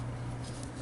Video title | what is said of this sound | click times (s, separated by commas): 19th Review! "Transformers War for Cybertron Trilogy: Siege" Voyager Class Springer! | the next thing you're going to do is you're going to tab the two parts of the wheels together like that until you hear a click | 0.6 s